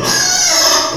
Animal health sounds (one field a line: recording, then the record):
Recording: squeal of a Yucatan mini pig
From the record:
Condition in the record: before surgery on the right vocal fold (resection and tissue-engineered implant)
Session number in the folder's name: 2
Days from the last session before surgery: 0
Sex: male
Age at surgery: 12 weeks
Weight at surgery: 13 kg